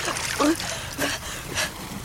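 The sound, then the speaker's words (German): Water sloshes and splashes in three soft, evenly spaced bursts around a person in salt water being told to lie flat on the water, with a continuous watery trickle and a faint voice underneath. “Leg dich gerade aufs Wasser.”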